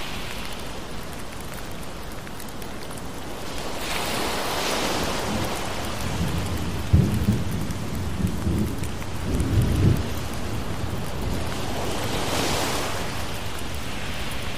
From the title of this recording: Thunderstorm Rain Sounds With Ocean Waves